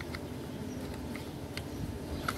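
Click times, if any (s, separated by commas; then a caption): 2.3 s. A plastic engine-bay cover on an Egea Euro 6, closed during a 0W-30 oil service, is lined up on its retaining tabs (a double tab on one side and a single tab on the other) and pushed down. Faint handling ticks come at about 0.0, 0.2, 1.2 and 1.6 seconds, then a sharper snap at 2.3 seconds as the cover clips home and is seated.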